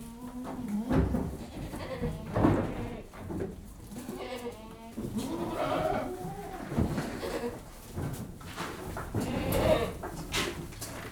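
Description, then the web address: Goats bleating in a busy, overlapping chorus of wavering cries. Several goats bleating a lot while being fed. "BBC Sound Effects Library. Goats Being Fed - Lots Of"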